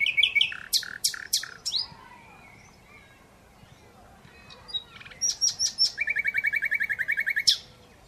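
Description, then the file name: Common Nightingale singing loud varied phrases, fast staccato notes, then a long pulsing rattle after a quiet gap of about three seconds. "Luscinia megarhynchos"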